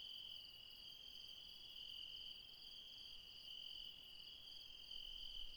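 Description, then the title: Insects in a steady high chorus, a constant ringing trill layered in several bands, with quiet low background hiss. Mountain insects calling late at night near Refuge Krevatia, Barbala, Dion, Greece. "Refuge Krevatia, Μπαρμπαλά, Dion 601 00, Greece - Late night mountain insects"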